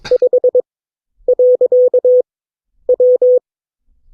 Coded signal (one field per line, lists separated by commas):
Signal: Morse code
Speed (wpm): 22 wpm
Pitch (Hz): 500 Hz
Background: none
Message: 5.W